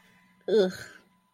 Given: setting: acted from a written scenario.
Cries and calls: vocal sound without words; disgust

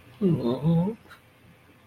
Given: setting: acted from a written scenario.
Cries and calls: vocal sound without words; sadness

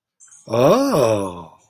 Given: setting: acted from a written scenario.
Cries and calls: vocal sound without words; adoration

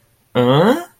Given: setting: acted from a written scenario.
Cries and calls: vocal sound without words; confusion

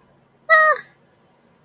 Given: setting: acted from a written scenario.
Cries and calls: vocal sound without words; elation

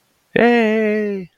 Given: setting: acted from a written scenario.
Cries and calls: vocal sound without words; triumph

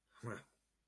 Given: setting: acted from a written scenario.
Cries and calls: vocal sound without words; contempt

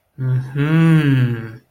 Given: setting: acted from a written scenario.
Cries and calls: vocal sound without words; realization

